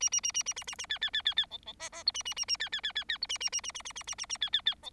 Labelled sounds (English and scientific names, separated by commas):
Bengalese Finch (Lonchura striata domestica) song